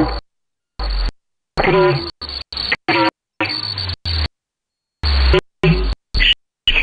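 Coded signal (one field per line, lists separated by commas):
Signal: numbers station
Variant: S06s, Russian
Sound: short clipped spoken words in heavy noise, each separated by dead silence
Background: radio static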